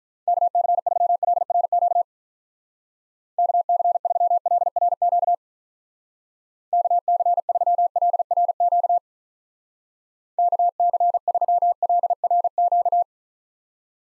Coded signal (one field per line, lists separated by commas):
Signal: Morse code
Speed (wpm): 45 wpm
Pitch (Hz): 700 Hz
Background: none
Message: KC3LRQ KC3LRQ KC3LRQ KC3LRQ